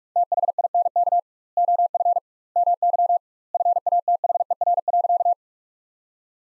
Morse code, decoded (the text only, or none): THINK OF MY FATHER.